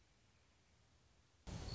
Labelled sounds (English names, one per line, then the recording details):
Western Meadowlark
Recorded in Sonoma County, California